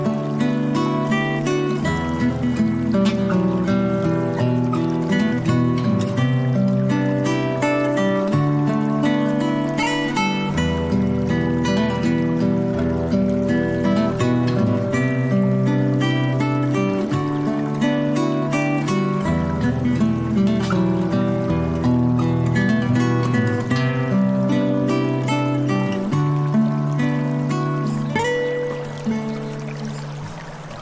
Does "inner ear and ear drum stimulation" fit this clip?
no